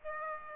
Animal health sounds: mosquito wingbeat signal from an infrared sensor; Aedes aegypti

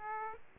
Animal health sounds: mosquito wingbeat signal from an infrared sensor; Aedes aegypti

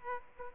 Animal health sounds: mosquito wingbeat signal from an infrared sensor; Aedes aegypti

